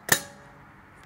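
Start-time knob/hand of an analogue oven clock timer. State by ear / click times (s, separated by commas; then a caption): seated / 0.1 s. The start-time knob of an analogue oven clock timer is pushed in and turned back, giving one sharp, bright clunk at 0.1 s that rings briefly before dying into quiet. The hand clicks into place and the clock returns to manual mode.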